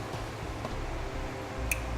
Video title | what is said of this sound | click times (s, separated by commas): etrailer - Installing the Roadmaster Crossbar-Style Base Plate Kit on your 2011 Jeep Grand Cherokee | just going to take your plug push it into you hear a click | 1.7 s